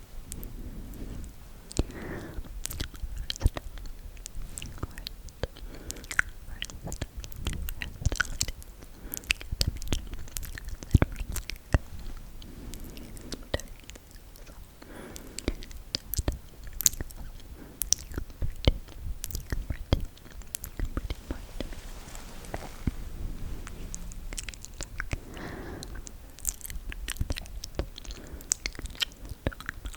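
Close, quiet whispering with no clear words runs through the clip, mixed with dense, irregular clicks, crackles and soft rubbing from face touching. The small sharp ticks come rapidly and unevenly, with brief louder bursts around 8–11 seconds, all very near.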